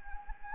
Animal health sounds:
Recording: mosquito wingbeat signal from an infrared sensor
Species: Anopheles gambiae

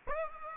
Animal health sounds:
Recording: mosquito wingbeat signal from an infrared sensor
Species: Aedes aegypti

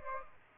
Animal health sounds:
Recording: mosquito wingbeat signal from an infrared sensor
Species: Aedes aegypti

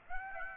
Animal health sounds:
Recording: mosquito wingbeat signal from an infrared sensor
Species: Aedes aegypti

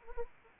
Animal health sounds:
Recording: mosquito wingbeat signal from an infrared sensor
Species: Anopheles arabiensis

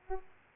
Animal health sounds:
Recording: mosquito wingbeat signal from an infrared sensor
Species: Aedes aegypti

